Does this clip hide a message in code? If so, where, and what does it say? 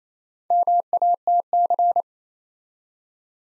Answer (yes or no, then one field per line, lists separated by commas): yes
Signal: Morse code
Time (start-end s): 0.5-2.0 s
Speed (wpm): 27 wpm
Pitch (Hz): 700 Hz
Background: none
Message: MATC